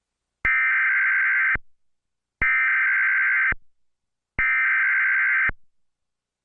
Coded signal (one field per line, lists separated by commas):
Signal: Emergency Alert System (SAME) tones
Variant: header bursts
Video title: Tornado warning EAS!